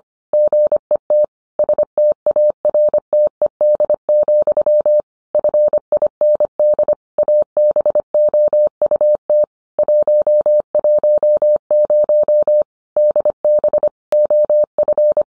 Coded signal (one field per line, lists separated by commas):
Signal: Morse code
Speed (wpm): 25 wpm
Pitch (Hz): 600 Hz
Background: none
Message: GET STARTED, FIND ABOUT 110 DB OF